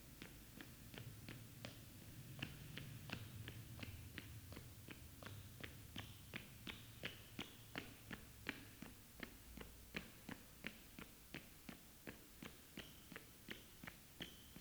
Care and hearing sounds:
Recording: daily activity, guitar pickup as the sensor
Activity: run

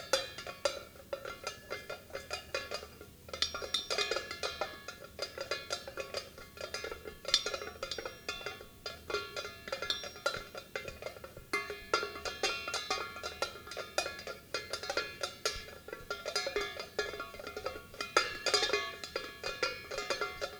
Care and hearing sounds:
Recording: daily activity, guitar pickup as the sensor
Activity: fry

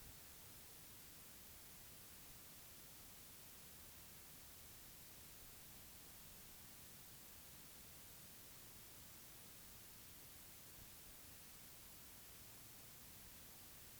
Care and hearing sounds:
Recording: daily activity, guitar pickup as the sensor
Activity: lie down

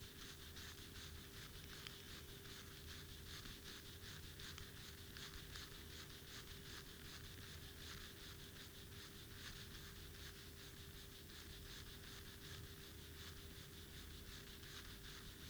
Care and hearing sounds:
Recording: daily activity, guitar pickup as the sensor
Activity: brush teeth

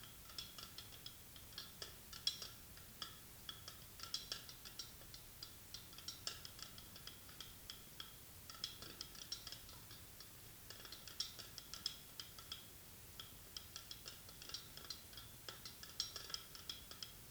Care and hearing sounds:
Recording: daily activity, guitar pickup as the sensor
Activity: fry

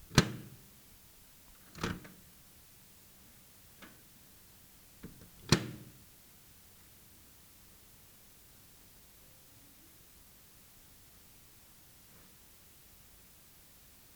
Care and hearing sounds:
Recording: daily activity, guitar pickup as the sensor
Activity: use microwave

